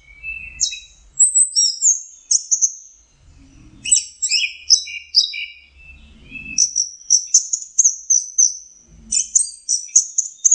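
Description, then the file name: Orange-headed thrush giving a long, varied song with clustered chips, fluty slides and repeated high whistles. Masteran (training) song. "suara masteran anis merah"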